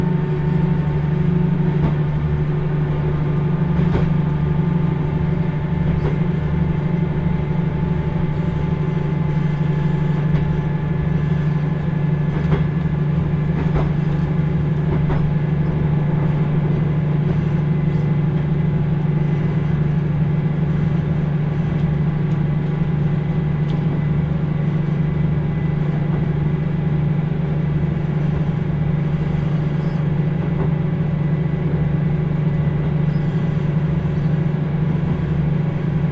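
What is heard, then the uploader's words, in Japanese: A train climbs a steep mountain line, heard from inside the carriage. A heavy, steady engine drone fills the low end throughout, with a faint whine above it and occasional soft knocks and rattles from the cars. The level barely changes across the clip. 豊肥本線 九州横断特急3号 立野→宮地。立野を出るとスイッチバックで逆走していき、再度向きを変えて阿蘇の急峻な坂を上がっていきます。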